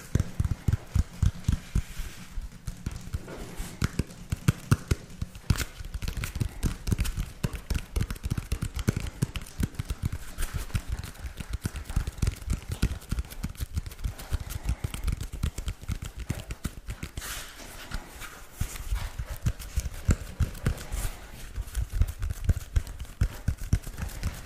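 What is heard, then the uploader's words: Rapid, dense tapping continues with no break for the whole stretch, sharp knocks arriving many times a second in an uneven, galloping rhythm like hooves clip-clopping. The taps are crisp, with a low thud under each one. The pace stays steady throughout. Tapping Overload.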